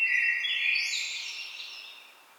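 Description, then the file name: Common blackbird song, one phrase of fluty notes running into a high scratchy flourish that slowly fades away. "Turdus merula"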